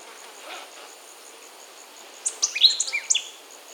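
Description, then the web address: White-lored Euphonia song: after two quiet seconds, a quick burst of high, sharp chips and short downslurred twittering notes, over a faint, steady, high pulsing insect drone. Recorded in Peru. "Birds of the Amazon 3. White-lored Euphonia (Euphonia chrysopasta), Peru"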